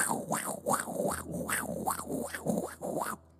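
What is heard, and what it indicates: Rapid rhythmic whooshing pulses, about 140 a minute, a voice imitating a baby's heartbeat as heard during an ultrasound, when a heart rate monitor is placed around the womb.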